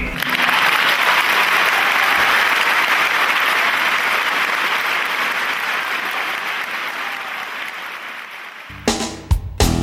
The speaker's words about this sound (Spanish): Fue tan hermoso lo que dijiste que vamos a inaugurar una nueva sección del programa que es aplaudir al entrevistado.